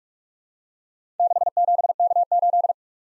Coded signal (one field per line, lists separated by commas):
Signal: Morse code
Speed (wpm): 44 wpm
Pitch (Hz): 700 Hz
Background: none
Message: 67K8